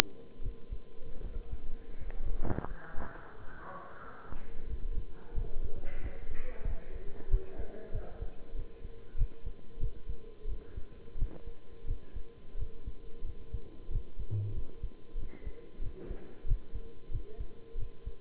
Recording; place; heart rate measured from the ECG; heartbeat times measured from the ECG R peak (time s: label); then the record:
heart sounds by stethoscope; between the tricuspid and mitral areas; 90 bpm
0.41 s: heartbeat
1.21 s: heartbeat
1.96 s: heartbeat
2.66 s: heartbeat
3.35 s: heartbeat
4.01 s: heartbeat
4.67 s: heartbeat
5.34 s: heartbeat
6.00 s: heartbeat
6.65 s: heartbeat
7.29 s: heartbeat
7.91 s: heartbeat
8.54 s: heartbeat
9.16 s: heartbeat
9.79 s: heartbeat
10.46 s: heartbeat
11.16 s: heartbeat
11.85 s: heartbeat
12.56 s: heartbeat
13.23 s: heartbeat
13.89 s: heartbeat
14.53 s: heartbeat
15.16 s: heartbeat
15.81 s: heartbeat
16.46 s: heartbeat
17.11 s: heartbeat
17.77 s: heartbeat
From the record:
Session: bicycle stress test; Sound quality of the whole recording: good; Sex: male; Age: 23 years